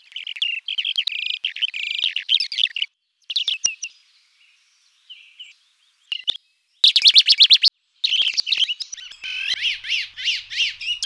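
Bird giving high, chirpy and buzzy calls in rapid bursts, some harsh and scratchy, separated by short silent gaps.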